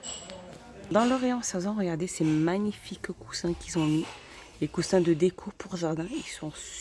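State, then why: Seated. A plastic lid clips shut at the side onto a plastic storage container, giving a single sharp, short click at 0.3 s that seats it. Someone talks over the rest of the clip.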